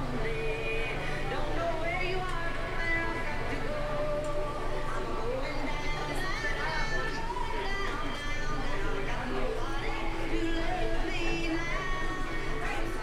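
Crowd sounds from a walk through Animal Kingdom, with many voices talking at once in a steady, dense murmur. Children's voices and occasional louder calls rise above the chatter, and a constant low hum runs underneath throughout.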